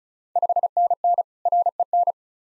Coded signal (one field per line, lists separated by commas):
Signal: Morse code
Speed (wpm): 34 wpm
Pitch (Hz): 700 Hz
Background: none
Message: 5NN REN